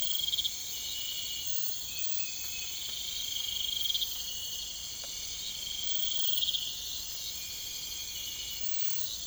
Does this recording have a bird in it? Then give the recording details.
no. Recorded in pastures near Puerto Asís, Putumayo, Colombia, on 21 December 2024 at 04:00. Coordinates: 0.472, -76.329. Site G072